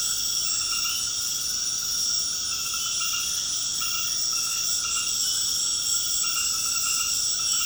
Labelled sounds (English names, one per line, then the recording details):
none
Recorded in secondary vegetation near Puerto Asís, Putumayo, Colombia, on 19 February 2024 at 20:00
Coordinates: 0.472, -76.331
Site G6371